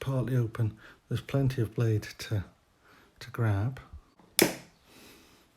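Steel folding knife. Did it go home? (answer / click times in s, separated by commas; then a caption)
yes / 4.4 s. A traditional folding knife blade is swung fully open into its locked-open position in the handle, and its backspring lock snaps into place with a single loud, sharp click at 4.4 s. Someone talks before the click, and the blade is confirmed seated and locked open.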